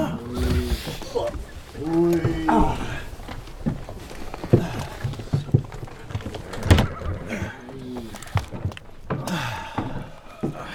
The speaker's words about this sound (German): Schnaubend traben die Gäule an und schlagartig erhebt sich der Wagen